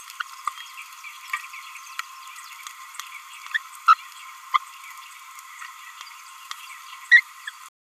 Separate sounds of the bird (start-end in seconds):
3.88-3.94, 4.54-4.58, 7.11-7.21